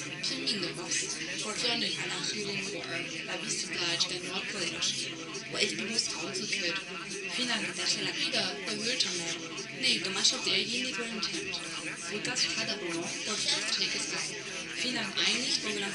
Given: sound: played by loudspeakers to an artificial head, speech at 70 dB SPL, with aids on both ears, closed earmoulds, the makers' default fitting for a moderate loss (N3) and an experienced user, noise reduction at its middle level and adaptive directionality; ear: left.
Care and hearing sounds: speech test signal (ISTS) in cocktail-party noise; 0 dB; on the right (90 degrees)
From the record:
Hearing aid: class 1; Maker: B

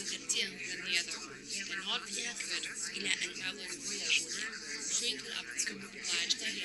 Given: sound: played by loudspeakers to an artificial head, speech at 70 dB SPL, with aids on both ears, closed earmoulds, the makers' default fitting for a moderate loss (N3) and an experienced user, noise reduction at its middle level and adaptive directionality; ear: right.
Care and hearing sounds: speech test signal (ISTS) in cocktail-party noise; -6 dB; in front (0 degrees)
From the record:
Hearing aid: class 1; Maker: H

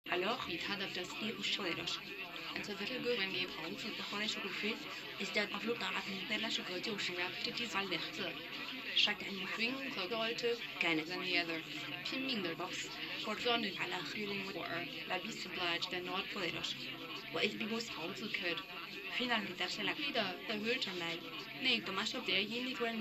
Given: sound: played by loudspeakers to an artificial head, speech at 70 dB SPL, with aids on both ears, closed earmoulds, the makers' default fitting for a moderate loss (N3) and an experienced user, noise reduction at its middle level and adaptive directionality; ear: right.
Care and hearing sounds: speech test signal (ISTS) in cocktail-party noise; +6 dB; in front (0 degrees)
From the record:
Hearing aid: class 1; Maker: D

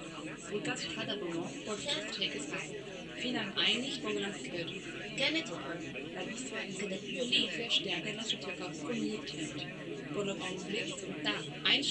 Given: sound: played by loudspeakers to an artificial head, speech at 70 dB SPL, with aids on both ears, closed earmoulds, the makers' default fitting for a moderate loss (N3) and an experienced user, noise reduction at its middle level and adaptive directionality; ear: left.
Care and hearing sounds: speech test signal (ISTS) in cocktail-party noise; 0 dB; on the right (90 degrees)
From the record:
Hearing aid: class 1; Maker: C

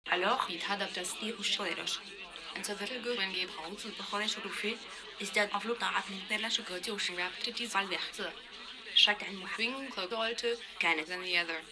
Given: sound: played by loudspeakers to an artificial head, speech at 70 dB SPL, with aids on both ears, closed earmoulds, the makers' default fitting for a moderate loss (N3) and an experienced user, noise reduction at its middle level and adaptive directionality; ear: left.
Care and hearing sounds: speech test signal (ISTS) in cocktail-party noise; +9 dB; in front (0 degrees)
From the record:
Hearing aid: class 1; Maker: E

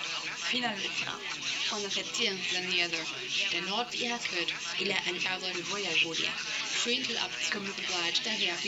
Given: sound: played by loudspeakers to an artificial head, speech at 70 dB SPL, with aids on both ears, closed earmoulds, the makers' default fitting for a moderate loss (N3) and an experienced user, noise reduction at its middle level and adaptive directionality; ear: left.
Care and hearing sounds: speech test signal (ISTS) in cocktail-party noise; +6 dB; in front (0 degrees)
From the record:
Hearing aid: class 1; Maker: A

